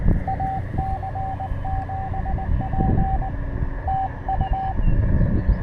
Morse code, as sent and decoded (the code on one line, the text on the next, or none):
.- -.-. --... .--. / - ..-
AC7P TU